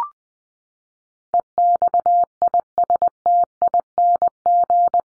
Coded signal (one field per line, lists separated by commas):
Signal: Morse code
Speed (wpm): 20 wpm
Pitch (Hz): 700 Hz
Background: none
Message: EXISTING